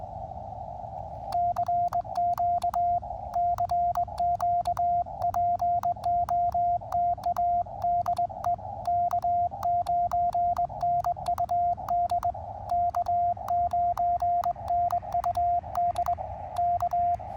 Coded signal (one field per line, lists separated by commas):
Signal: Morse code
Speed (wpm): 21 wpm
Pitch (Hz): 690 Hz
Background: radio noise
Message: CQ CQ POTA DE K9NUD K9NUD K